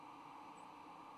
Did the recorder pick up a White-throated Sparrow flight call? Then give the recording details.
no. Another species' flight call is heard. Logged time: 01:54 on 26 November 2014